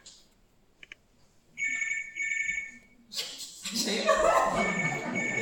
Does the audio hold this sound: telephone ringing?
yes